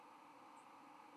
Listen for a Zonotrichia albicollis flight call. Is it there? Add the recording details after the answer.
no. Another species' flight call is heard. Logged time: 06:27 on 13 November 2014